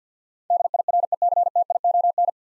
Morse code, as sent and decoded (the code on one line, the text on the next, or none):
-.. .. .-. . -.-. - .. --- -.
DIRECTION